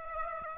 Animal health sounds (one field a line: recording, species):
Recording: mosquito wingbeat signal from an infrared sensor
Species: Aedes aegypti